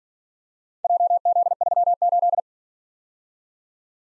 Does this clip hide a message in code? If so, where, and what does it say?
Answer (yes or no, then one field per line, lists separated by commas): yes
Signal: Morse code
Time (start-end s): 0.8-2.4 s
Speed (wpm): 47 wpm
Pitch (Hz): 700 Hz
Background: none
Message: JZ38